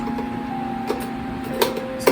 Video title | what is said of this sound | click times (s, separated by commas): THIS CAKE IS BETTER THAN SEX! | you want them to click in place so | 1.6 s, 2.1 s